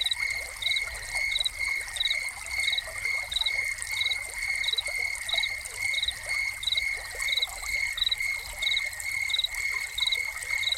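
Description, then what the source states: A steady cricket trill with evenly spaced pulsed chirps, partly blended with a background of running, splashing water. Crickets recorded together with a running fountain.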